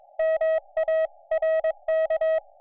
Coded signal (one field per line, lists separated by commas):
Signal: Morse code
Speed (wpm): 22 wpm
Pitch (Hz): 1900 Hz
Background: music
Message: MARK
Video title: QMX radio finally fixed! Real life activation on Kagel Mountain | Summits on the Air